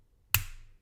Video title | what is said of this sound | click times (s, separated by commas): Relaxing LEGO Build - Buckbeak Wings - Calm, Cozy Narration | with a hopefully satisfying click. Nice. | 0.3 s